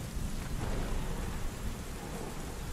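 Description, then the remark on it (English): Steady, heavy rain driven nearly horizontally by rising wind hisses across the whole stretch while low thunder rumbles underneath. The storm holds a dense, constant roar with gusty surges and no voices. “The wind picking up, which carried the rain more horizontally than vertically.”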